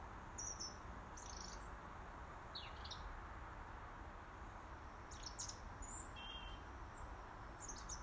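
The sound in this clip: Robin calls: scattered high, thin, sharp notes, some in quick pairs, with a brief lower buzzy note near the end, over constant low background hum.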